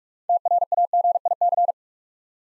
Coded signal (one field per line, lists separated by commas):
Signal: Morse code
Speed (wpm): 44 wpm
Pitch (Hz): 700 Hz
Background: none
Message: TRAGIC